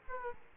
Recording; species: mosquito wingbeat signal from an infrared sensor; Aedes aegypti